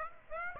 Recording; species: mosquito wingbeat signal from an infrared sensor; Aedes aegypti